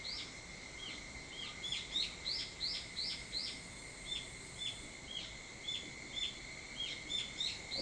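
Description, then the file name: Evening cicada, a rapid series of short falling notes, about three a second, in a pulsing rhythm over a faint steady high hum. Recorded 22 July 2023 at 04:40. "higurashi 230722 0440"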